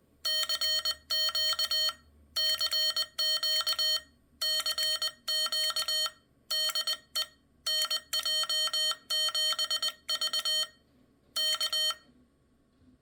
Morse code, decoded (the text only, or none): CQ CQ CQ DE NJ7V K